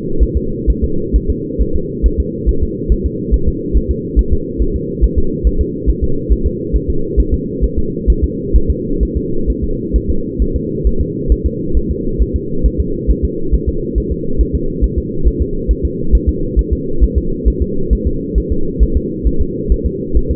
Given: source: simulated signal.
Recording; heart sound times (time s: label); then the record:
fetal heart sounds
0.23 s: S1
0.37 s: S2
0.70 s: S1
0.84 s: S2
1.16 s: S1
1.30 s: S2
1.62 s: S1
1.76 s: S2
2.06 s: S1
2.20 s: S2
2.49 s: S1
2.63 s: S2
2.92 s: S1
3.06 s: S2
3.34 s: S1
3.48 s: S2
3.77 s: S1
3.91 s: S2
4.19 s: S1
4.33 s: S2
4.62 s: S1
4.76 s: S2
5.04 s: S1
5.18 s: S2
5.47 s: S1
5.61 s: S2
5.90 s: S1
6.04 s: S2
6.32 s: S1
6.47 s: S2
6.76 s: S1
6.90 s: S2
7.20 s: S1
7.34 s: S2
7.64 s: S1
7.78 s: S2
8.10 s: S1
8.24 s: S2
8.56 s: S1
8.70 s: S2
9.03 s: S1
9.17 s: S2
9.50 s: S1
9.64 s: S2
9.96 s: S1
10.10 s: S2
10.42 s: S1
10.56 s: S2
10.87 s: S1
11.01 s: S2
11.32 s: S1
11.46 s: S2
11.77 s: S1
11.91 s: S2
12.22 s: S1
12.36 s: S2
12.66 s: S1
12.80 s: S2
13.11 s: S1
13.25 s: S2
13.55 s: S1
13.69 s: S2
13.98 s: S1
14.12 s: S2
14.41 s: S1
14.55 s: S2
14.84 s: S1
14.98 s: S2
15.28 s: S1
15.41 s: S2
15.71 s: S1
15.85 s: S2
16.15 s: S1
16.29 s: S2
16.59 s: S1
16.73 s: S2
17.04 s: S1
17.18 s: S2
17.48 s: S1
17.62 s: S2
17.93 s: S1
18.07 s: S2
18.38 s: S1
18.52 s: S2
18.83 s: S1
18.97 s: S2
19.27 s: S1
19.41 s: S2
19.72 s: S1
19.86 s: S2
20.17 s: S1
20.31 s: S2
From the record:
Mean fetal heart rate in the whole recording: 135 bpm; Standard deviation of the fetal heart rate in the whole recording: 3 bpm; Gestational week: 34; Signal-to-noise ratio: -8.1 dB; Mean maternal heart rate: 72 bpm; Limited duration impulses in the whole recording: absent